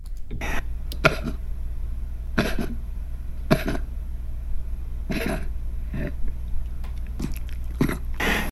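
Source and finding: Dog. Cardiac cough.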